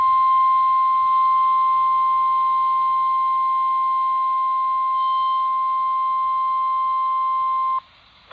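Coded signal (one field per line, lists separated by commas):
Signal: Emergency Alert System (SAME) tones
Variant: 1050 Hz attention tone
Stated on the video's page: Severe thunderstorm warning on a NOAA weather radio station with relay from a broadcast station.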